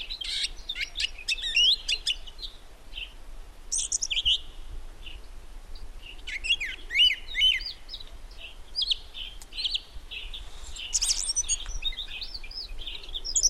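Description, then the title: Song thrush song of varied bright phrases, some notes repeated in quick series, delivered in bursts with short gaps between them. Recorded in the Peak District during lockdown; the source calls it the longest unbroken song ever heard by a thrush. "Thrush and wren, Peak District"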